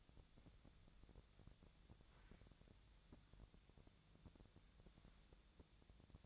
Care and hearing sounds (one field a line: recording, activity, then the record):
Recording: daily activity, microphone in the room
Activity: wipe stove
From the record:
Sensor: 3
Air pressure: 1000.5 hPa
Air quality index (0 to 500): 178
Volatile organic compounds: 4 ppm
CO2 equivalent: 1542 ppm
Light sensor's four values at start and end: 14/35/15/15 and 14/35/15/15